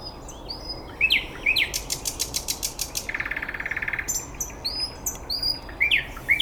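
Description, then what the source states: Bird song: sharp, rising whistled chirps before and after a long, fast, buzzy rattling trill. Recorded 9 May 2014 at 06:39.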